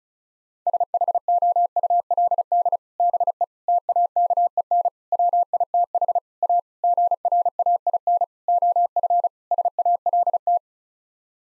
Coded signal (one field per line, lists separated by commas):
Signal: Morse code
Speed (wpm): 36 wpm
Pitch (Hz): 700 Hz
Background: none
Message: SHOULD BE TAKEN WITH A GRAIN OF SALT